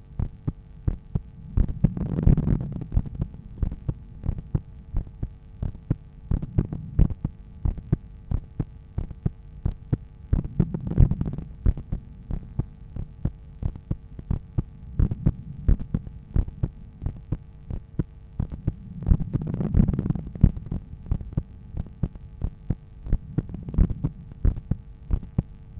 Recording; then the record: heart sounds by stethoscope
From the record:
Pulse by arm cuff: 85 bpm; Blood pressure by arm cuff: 123/72 mmHg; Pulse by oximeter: 87 bpm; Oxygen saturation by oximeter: 98%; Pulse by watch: 91 bpm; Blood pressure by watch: 113/75 mmHg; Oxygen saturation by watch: 97%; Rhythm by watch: sinus rhythm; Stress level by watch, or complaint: light headache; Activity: after coffee and smoking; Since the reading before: plus 450 steps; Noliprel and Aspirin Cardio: after pills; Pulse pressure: 51 mmHg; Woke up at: 6:50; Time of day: 11:10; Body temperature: 36.6 C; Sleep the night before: 8 h 16 min, score 66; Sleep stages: REM 20%, light 64%, deep 6%, awake 10%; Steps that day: 6850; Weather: light rain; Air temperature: 18.4 C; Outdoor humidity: 90%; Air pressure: 1007 hPa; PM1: 2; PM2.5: 5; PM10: 7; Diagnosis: hypertension, treated with Noliprel and Aspirin Cardio 100 mg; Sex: male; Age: 53 years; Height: 174 cm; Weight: 81 kg